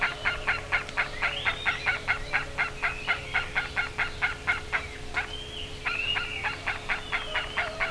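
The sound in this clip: Bird calls: rapidly repeated harsh, buzzy notes, with whistled sliding notes rising and falling over them and a steady hum underneath.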